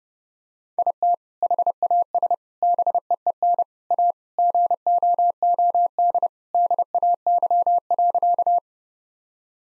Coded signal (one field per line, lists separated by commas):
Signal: Morse code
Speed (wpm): 32 wpm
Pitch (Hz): 700 Hz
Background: none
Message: IT HAS BEEN A GOOD DAY.